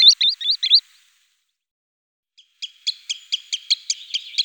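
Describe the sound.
Green sandpiper giving four quick whistled notes, a pause, then a rapid string of clipped, sharp ticks.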